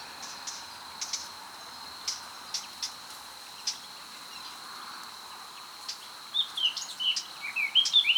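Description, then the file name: Eurasian blackcap giving a quick, scratchy warbling phrase of varied high notes near the end, over a steady high insect-like hum and scattered faint clicks. "Sylvia atricapilla"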